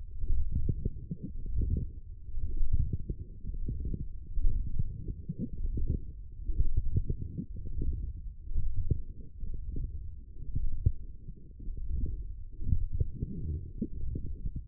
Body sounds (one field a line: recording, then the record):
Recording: forearm muscle sounds (acoustic myography)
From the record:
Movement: forearm pronation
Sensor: system 1, eight BSWA MPA416 microphones around the upper forearm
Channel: 3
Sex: female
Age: 22 years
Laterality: right